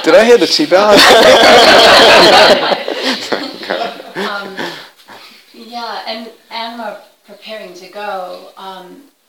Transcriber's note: laughter